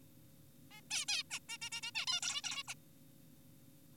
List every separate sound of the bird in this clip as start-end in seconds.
0.71-0.81, 0.91-1.06, 1.08-1.23, 1.31-1.39, 1.49-1.58, 1.62-1.70, 1.72-1.81, 1.83-1.91, 1.95-2.06, 2.08-2.20, 2.22-2.42, 2.44-2.63, 2.68-2.75